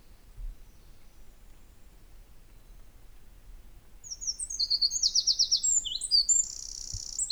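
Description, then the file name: Eurasian wren song: about four seconds of quiet, then a loud, very high, fast run of sharp notes and rattling trills that continues to the end. "Troglodytes troglodytes"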